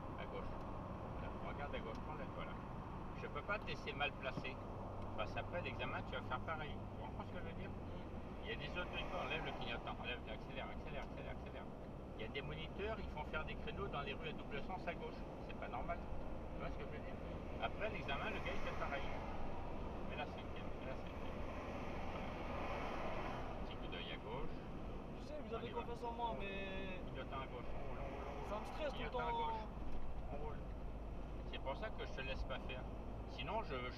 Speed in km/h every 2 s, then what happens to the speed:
78, 80, 82, 78, 75, 76, 84, 87, 90, 90, 89, 86, 83, 80, 78, 81, 84.
4-9 slows to 75. 9-17 speeds up to 90. 17-27 slows to 78.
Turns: none.